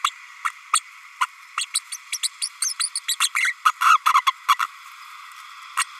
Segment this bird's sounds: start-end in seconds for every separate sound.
0.04-0.10, 0.44-0.51, 0.73-0.81, 1.20-1.26, 1.57-1.65, 1.74-1.79, 1.92-1.97, 2.12-2.18, 2.23-2.28, 2.41-2.49, 2.62-2.73, 2.79-2.89, 2.95-3.00, 3.08-3.15, 3.20-3.28, 3.35-3.53, 3.65-3.73, 3.80-3.98, 4.14-4.21, 4.26-4.32, 4.48-4.54, 4.59-4.66, 5.76-5.84